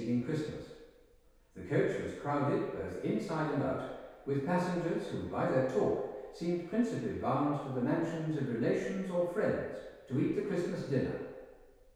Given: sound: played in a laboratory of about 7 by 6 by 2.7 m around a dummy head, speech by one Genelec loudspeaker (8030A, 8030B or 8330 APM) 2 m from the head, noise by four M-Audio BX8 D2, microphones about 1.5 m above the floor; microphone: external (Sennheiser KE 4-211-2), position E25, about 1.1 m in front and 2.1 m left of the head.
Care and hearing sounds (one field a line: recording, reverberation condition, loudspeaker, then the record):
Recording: male speech in English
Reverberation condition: high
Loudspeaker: in front (0 degrees)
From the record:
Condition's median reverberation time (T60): about 1300 ms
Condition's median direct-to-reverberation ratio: about -4.0 dB